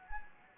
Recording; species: mosquito wingbeat signal from an infrared sensor; Anopheles gambiae